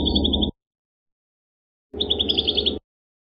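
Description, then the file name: Prinia song, two bursts of fast repeated high, bright notes in a steady trill, over a low rumbling background noise. "suara burung perenjak kamboja. omkicau"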